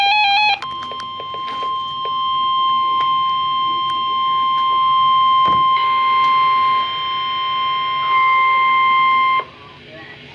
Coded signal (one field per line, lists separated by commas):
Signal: Emergency Alert System (SAME) tones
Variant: 1050 Hz attention tone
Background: speech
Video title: Severe Thunderstorm Warning (EAS #355)